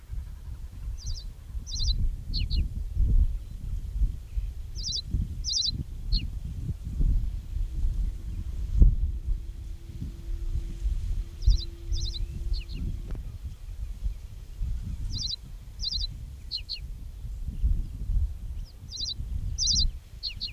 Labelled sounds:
Reed Bunting (Emberiza schoeniclus) song
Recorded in the wild
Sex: male
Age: adult
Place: Höhbeck, OT Restorf, Niedersächsische Elbtalaue, Niedersachsen, DE
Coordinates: 53.0414, 11.4453
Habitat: floodplain
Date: 1969-05-26
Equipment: Uher 4000 Report-S, Bändchenmikro Beyer M 260, Parabolspiegel Polyester (470 mm)
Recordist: Conrads, Klaus

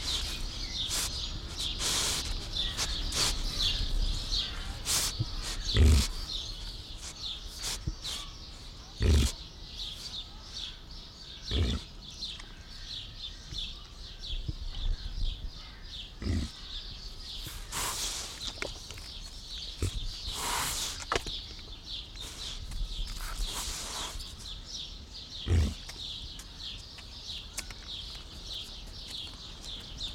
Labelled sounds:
White-lipped Peccary (Tayassu pecari)
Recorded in captivity
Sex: female
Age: adult
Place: Zoo Berlin, Berlin, DE
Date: 1992-06-20 11:20
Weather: wolkig-heiter, 20-24°C
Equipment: Marantz CP 430, Sennheiser ME 80, Kopie Tesla B 116
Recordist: Tembrock, Günter
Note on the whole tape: Tayassu p. albirostris: Weibchen am Gitter, auf Beobachter bezogen, aggressiv, mit vorjährigem Jungtier (hinten), Schnaufen und Grunzlaute

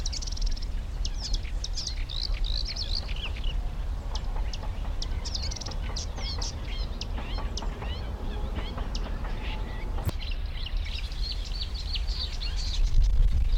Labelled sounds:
Eurasian Reed Warbler (Acrocephalus scirpaceus)
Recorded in the wild
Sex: male
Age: adult
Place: Karower Teiche, Naturpark Barnim, Berlin, DE
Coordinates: 52.624, 13.462
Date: 1993-05-20
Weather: heiter, 22-25 °C
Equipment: Marantz CP 430, Sennheiser ME 80, Kopie Uher Variocord 263
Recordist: Tembrock, Günter

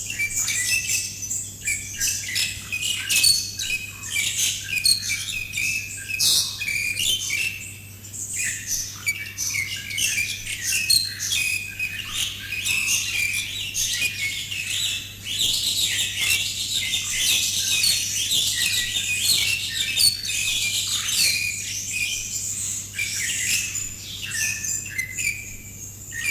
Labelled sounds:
Pied Myna (Gracupica contra) song
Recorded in captivity
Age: adult
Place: Zoo Berlin, Berlin, DE
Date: 2005-08-23 12:22
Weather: rain, 17°C
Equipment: Panasonic RQ-2102, Sennheiser ME 80, Kopie Uher 4000 Report Monitor
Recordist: Tembrock, Günter

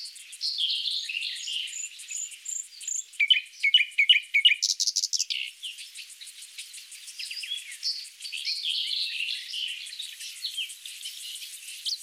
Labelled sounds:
Common Nightingale (Luscinia megarhynchos) song
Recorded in the wild
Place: Tahtakaraca-Pass 1788 m (Alexanderpass), UZ
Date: 2001-05-22
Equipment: MiniDisc Sharp MT 20 H
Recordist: Schwarz, Dieter
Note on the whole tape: Song

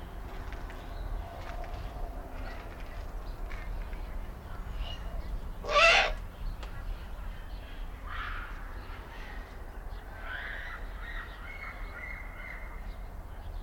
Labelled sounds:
Eurasian Eagle-owl (Bubo bubo) call
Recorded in captivity
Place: Timmendorfer Strand, Holsteinische Schweiz, Schleswig-Holstein, DE
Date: 1992-09-21 15:51
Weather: sonnig, 22°C
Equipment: Marantz CP 430, Sennheiser ME 80, Kopie Tesla B 116
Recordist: Tembrock, Günter
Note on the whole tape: Vogelpark Niendorf; B. b. omissus; Lautfolgen (einsilbige Laute) längere Folge, Männchen oder Jungtier

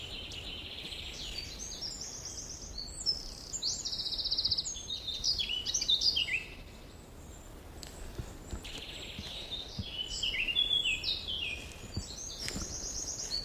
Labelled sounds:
Eurasian Blackcap (Sylvia atricapilla) song
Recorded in the wild
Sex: male
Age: adult
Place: Mühlenbecker Wald, Brandenburg, DE
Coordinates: 52.7, 13.4
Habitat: marshland, glade
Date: 1988-06-19 11:36
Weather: cloudy, 14-18°C
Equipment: Nagra SN, Kopie Tesla B 116
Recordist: Tembrock, Günter

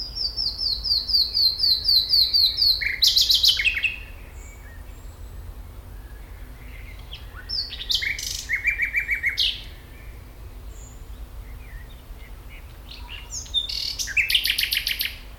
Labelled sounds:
Common Nightingale (Luscinia megarhynchos)
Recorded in the wild
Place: Schloßpark Niederschönhausen, Berlin, DE
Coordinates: 52.58, 13.4
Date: 1996-05-26 17:30
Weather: wechselnd wolkig, 17°C
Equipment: Sony MD-WM MZ-R3, Sennheiser MKH 416 T, Kopie Uher 4000 Report Monitor
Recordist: Tembrock, Günter

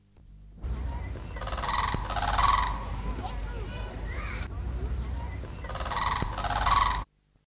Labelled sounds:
Blue Crane (Grus paradisea) call
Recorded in captivity
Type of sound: call
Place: Zoo Zürich, CH
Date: 1968-08-05
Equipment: Halbspur, 9,5 cm/s
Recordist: Lütgens, Hans
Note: Begrüßung. Zoo Zürich

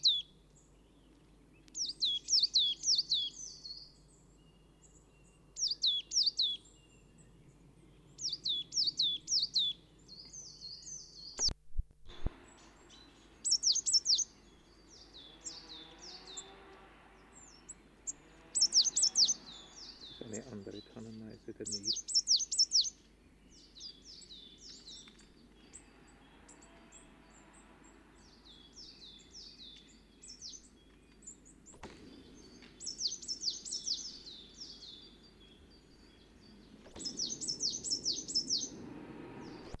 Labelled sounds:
Coal Tit (Periparus ater) song
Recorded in the wild
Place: Kaiserslautern, Rheinland-Pfalz, DE
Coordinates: 49.26, 7.45
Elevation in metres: 206
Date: 1977-03-06
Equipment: Nagra IV, Sennheiser MKH 405, Parabolreflektor
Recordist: Tretzel, Erwin
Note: An der Denkmal-Buche: Tannenmeise "psi-tä"-Serie

